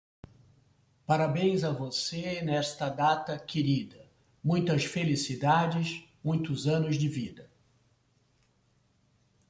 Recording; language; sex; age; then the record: short text; Brazilian Portuguese; male; 60 to 69 years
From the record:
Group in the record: control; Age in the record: 67 years